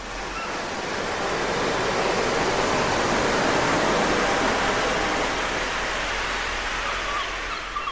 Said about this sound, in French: Et si je vous disais que je suis capable d'amener la mer à Paris ? Je crois que je vais ajouter un peu plus de mouettes. Je peux aussi ralentir les vagues.